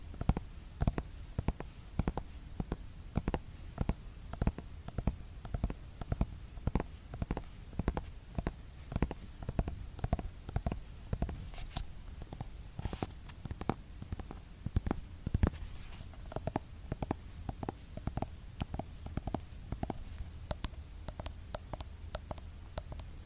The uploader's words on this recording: Skincare product tapping. Blue yeti microphone.